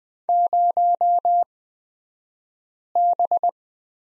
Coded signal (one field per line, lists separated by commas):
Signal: Morse code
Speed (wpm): 20 wpm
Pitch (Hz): 700 Hz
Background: none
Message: 0B